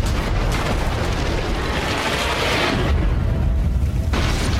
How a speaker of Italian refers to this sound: Nel luglio del 1945 a Los Alamos, nel deserto del New Mexico, tutti insieme assistono loro malgrado al primo esperimento di esplosione nucleare della storia e 3 settimane più tardi, ancora più impotenti, allo sgancio delle bombe sul Giappone.